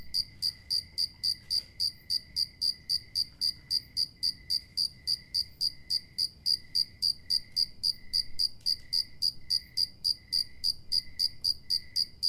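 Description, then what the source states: Cricket giving steady, high-pitched chirps in rapid succession, very even in rhythm, with a soft chorus of other crickets underneath. A lone cricket with other crickets in the background.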